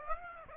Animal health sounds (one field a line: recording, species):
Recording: mosquito wingbeat signal from an infrared sensor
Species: Aedes aegypti